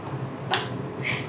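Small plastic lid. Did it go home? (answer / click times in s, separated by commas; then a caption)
yes / 0.5 s. The plastic lid or sifter of a Maybelline Fit Me Loose Setting Powder jar, shade 25 medium, is pressed closed to show off its packaging, judged better than a Laura Mercier setting powder. One sharp, short click sounds at 0.5 s over a low background hum, followed by a soft hiss. The lid clicks shut and is seated.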